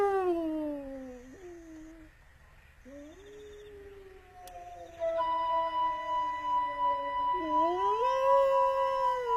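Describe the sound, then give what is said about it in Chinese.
Long, wavering wolf howls rise and fall in pitch, with a brief pause, then a second sustained howl joins in and the two drawn-out cries overlap, growing louder toward the end. “这老伙计还来劲儿了，我再给他回两声。”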